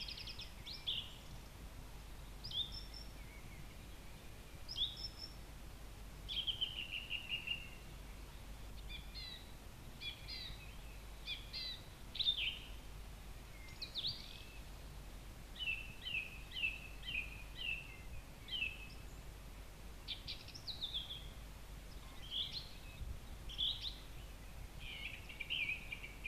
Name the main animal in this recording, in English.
Song Thrush